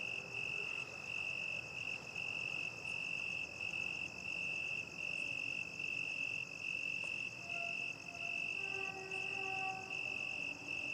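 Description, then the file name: Cricket trill, shrill and sustained with regular short breaks, over a low rumble; near the end a steady humming whine joins in. Crickets at night, with distant traffic ambience. "Night time crickets distant dogs and traffic ambience"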